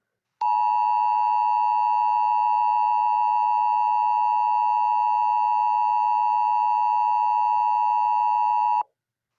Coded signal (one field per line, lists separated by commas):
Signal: Emergency Alert System (SAME) tones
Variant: 853 and 960 Hz attention tone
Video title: EAS Scenario #4 Robert The Shark Error Part 1 Without Sirens)